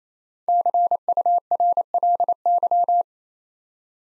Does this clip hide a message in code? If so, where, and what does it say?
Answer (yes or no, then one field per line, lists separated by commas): yes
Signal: Morse code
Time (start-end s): 0.5-3.0 s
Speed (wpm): 28 wpm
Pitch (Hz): 700 Hz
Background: none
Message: CURLY